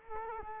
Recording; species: mosquito wingbeat signal from an infrared sensor; Culex quinquefasciatus